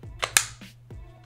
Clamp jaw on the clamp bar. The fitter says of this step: release this outer jaw throw it on the back and they spread apart snaps right in place